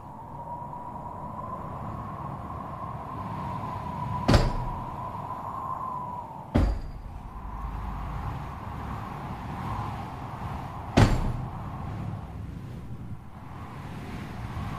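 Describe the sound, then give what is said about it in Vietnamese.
Three sharp wooden bangs at irregular intervals as window shutters slam in the wind at 2 a.m., over a steady roar of wind with a faint whistling hum. No one speaks. “Không tỉnh dậy vì tiếng cửa sổ bị gió làm va đập vào nhau.”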